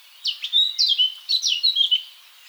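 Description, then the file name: A Eurasian blackcap sings one short, fluty warbled phrase of quick, up-and-down slurred notes lasting about two seconds. "Sylvia atricapilla"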